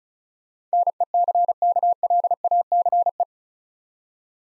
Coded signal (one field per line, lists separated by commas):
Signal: Morse code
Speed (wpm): 36 wpm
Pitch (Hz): 700 Hz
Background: none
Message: NECKLACE